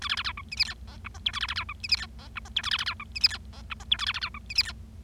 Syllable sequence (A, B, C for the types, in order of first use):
A B B C D E F G H I J K A B B C D E F G H I J K A B B C D E F G H I J K A B B C D E F G